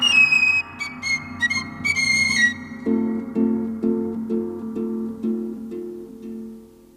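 A man whistles the opening bars of a church hymn, a series of clear, sustained notes rising and falling in a steady, stately rhythm, with no talking.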